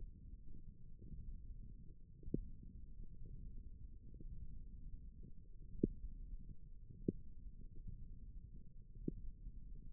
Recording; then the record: forearm muscle sounds (acoustic myography)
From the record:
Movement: index flexion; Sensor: system 1, eight BSWA MPA416 microphones around the upper forearm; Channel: 1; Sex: female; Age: 22 years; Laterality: right